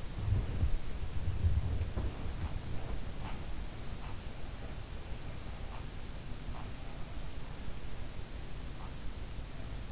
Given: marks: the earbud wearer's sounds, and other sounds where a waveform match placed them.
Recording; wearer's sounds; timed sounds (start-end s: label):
sounds in sleep by an in-ear microphone; body movement
0.00-3.30 s: body movement
1.31-9.34 s: sound from someone else or the room